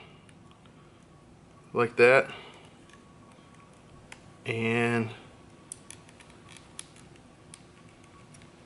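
On a 2022 KLR650 fuel pump, a plastic part of the pump assembly is handled against its mating piece after the wires are routed across the top, while someone talks in two short bursts around 2 and 4.8 seconds. Only faint handling ticks and taps follow, the sharpest near 5.7 and 6.8 seconds. Nothing has seated or clicked yet.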